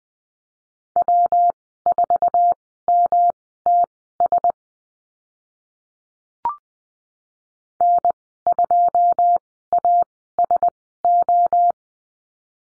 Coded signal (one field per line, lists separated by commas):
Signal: Morse code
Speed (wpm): 20 wpm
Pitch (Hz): 700 Hz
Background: none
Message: W4MTS N2ASO